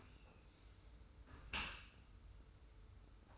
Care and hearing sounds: daily activity, microphone in the room; close dishwasher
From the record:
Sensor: 2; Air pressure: 991.2 hPa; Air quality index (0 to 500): 145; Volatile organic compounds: 321 ppm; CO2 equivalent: 4525 ppm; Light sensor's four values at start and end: 42/119/47/45 and 42/119/47/45

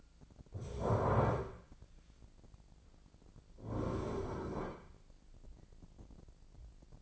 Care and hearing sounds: daily activity, microphone in the room; stand up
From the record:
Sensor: 5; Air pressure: 1009.3 hPa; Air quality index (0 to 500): 156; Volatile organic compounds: 2 ppm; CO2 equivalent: 1200 ppm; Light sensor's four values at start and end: 279/673/284/310 and 280/674/284/311

